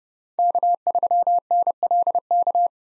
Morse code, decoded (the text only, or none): K3NLK